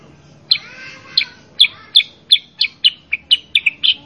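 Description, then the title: Sooty-headed bulbul song: a sharp note and a soft wavering whistle, then a quickening series of sharp chirps with a few brief doubled notes near the end. Sooty-headed bulbul song, loud and lively (gacor), used as a master recording to train caged birds to answer and copy. "Masteran Kutilang Sutra. Kutilang Sutra mana YANG GAK NYAUT dan IKUT BUNYI GACOR dengan suara Kutilang Sutra Super GACOR Ini"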